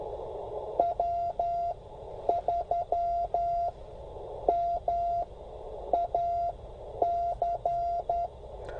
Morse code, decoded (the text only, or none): W3MAC